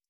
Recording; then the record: hydrophone in a shrimp aquaculture tank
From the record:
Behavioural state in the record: stressed